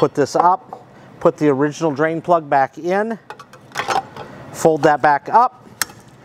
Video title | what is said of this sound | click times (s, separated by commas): Protect your Truma water heater from damage during storage with our drain plug. | locks into place it will snap underneath here and then you need to bleed off | 5.8 s